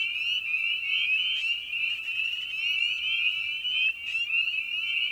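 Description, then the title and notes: Spring peeper chorus: piercing rising whistles stacked densely into a continuous shrill drone, occasional louder individual peeps punctuating it. Evening at a frog pond. "Episode 5: Night of the Peepers. we return to the frog pond for a meditative evening. Species in Focus: Spring Peeper (Pseudacris crucifer). Ian Carlsen"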